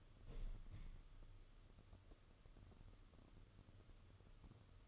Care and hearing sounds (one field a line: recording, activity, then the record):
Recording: daily activity, microphone in the room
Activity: open window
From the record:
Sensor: 4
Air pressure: 995.2 hPa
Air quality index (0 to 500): 190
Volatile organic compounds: 115 ppm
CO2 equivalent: 3845 ppm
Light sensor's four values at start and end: 4/9/3/4 and 5/10/4/4